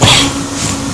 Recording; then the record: coughing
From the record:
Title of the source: Spring Allergy Coughing